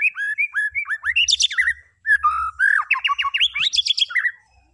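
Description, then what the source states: White-rumped shama singing rich, fluty whistles that slide up and down, broken by rapid chattering bursts and high sweeping notes, with a short pause midway. Lure recording of a vigorously singing (gacor) white-rumped shama, meant to make the bird respond.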